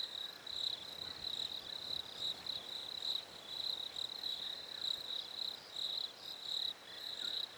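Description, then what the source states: Crickets give a high, steady trill that pulses in short bursts over a soft background hiss. Recorded at a lake in winter.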